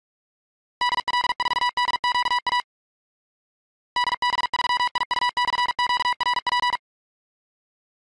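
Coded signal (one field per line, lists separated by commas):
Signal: Morse code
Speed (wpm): 46 wpm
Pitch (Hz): 980 Hz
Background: none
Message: DL4DQA DB3IU/QRP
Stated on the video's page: Morse from RufzXP callsign copying practice, a 15,359-point run.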